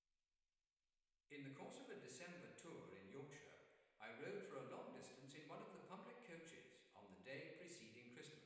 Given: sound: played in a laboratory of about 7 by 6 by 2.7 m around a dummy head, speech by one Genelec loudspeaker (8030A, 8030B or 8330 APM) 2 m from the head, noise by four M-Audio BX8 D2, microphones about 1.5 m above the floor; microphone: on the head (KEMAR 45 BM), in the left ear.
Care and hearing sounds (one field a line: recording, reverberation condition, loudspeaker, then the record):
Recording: male speech in English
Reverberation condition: high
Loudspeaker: 120 degrees to the left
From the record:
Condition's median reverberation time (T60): about 1300 ms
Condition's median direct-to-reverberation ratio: about -4.0 dB